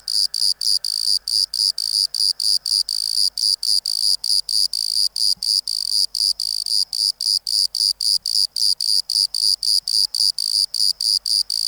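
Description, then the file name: Bordeaux cricket giving a continuous series of short, shrill chirps at a quick, even pace of roughly four a second, with little else heard. "Modicogryllus bordigalensis"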